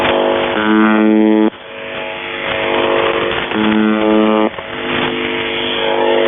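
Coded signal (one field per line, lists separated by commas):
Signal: channel marker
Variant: UVB-76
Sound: two harsh one-second low buzzes about three seconds apart over hissy static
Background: radio static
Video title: Kerro malfunction and beeps and screaming and morse code in the background on the buzzer 4625khz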